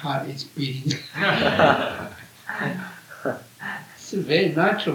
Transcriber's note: he laughs